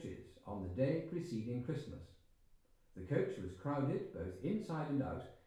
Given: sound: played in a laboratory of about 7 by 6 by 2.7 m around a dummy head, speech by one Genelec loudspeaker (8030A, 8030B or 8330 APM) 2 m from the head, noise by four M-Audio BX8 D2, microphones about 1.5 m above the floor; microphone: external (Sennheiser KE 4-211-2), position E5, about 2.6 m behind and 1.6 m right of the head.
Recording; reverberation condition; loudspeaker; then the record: male speech in English; medium; 150 degrees to the right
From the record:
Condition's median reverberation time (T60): about 510 ms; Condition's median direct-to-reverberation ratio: about -0.5 dB